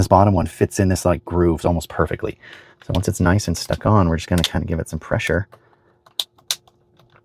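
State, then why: Seated. Someone talks while pressing the bottom adhesive real carbon fiber trim piece of a Model 3/Y steering wheel decal, already stuck on, firmly into the steering wheel's grooves. After the talking stops, two sharp clicks at 6.2 s and 6.5 s, with fainter ticks around them, mark the piece seating into place as its adhesive sticks.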